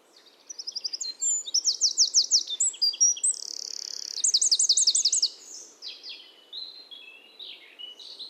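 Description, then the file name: Eurasian wren singing a loud, high-pitched outpouring of rapid buzzy trills and sharp notes, with two bright rattling bursts, then softer twittering phrases to the end. "Troglodytes troglodytes"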